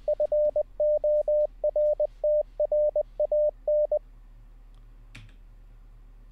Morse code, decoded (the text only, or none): FORTRAN